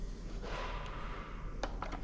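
The lever at the back of an 1830s antique bellows airgun (a Kuchenreuter Windbüchse) is pulled during loading to set the trigger, working the metal set-trigger mechanism in its lock. After a low, steady background, two sharp metallic clicks sound at 1.6 s and 1.8 s as the set-trigger lever latches into place.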